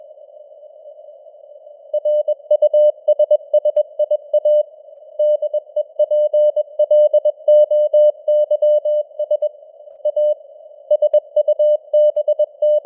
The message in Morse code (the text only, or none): RUSSIA DEPLOYS A SUBT